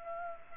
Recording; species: mosquito wingbeat signal from an infrared sensor; Culex pipiens